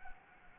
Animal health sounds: mosquito wingbeat signal from an infrared sensor; Anopheles gambiae

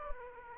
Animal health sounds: mosquito wingbeat signal from an infrared sensor; Aedes aegypti

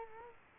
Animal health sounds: mosquito wingbeat signal from an infrared sensor; Culex quinquefasciatus

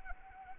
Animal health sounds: mosquito wingbeat signal from an infrared sensor; Anopheles arabiensis

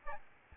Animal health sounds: mosquito wingbeat signal from an infrared sensor; Aedes albopictus

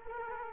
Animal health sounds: mosquito wingbeat signal from an infrared sensor; Culex quinquefasciatus

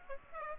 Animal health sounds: mosquito wingbeat signal from an infrared sensor; Aedes aegypti

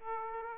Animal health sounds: mosquito wingbeat signal from an infrared sensor; Aedes aegypti

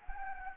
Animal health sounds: mosquito wingbeat signal from an infrared sensor; Anopheles gambiae

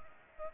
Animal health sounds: mosquito wingbeat signal from an infrared sensor; Aedes aegypti

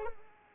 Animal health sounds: mosquito wingbeat signal from an infrared sensor; Culex pipiens

